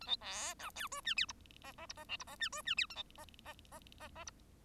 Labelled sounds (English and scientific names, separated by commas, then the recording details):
Bengalese Finch (Lonchura striata domestica) song
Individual Bird1